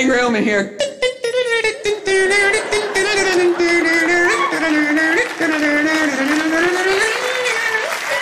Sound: whale sounds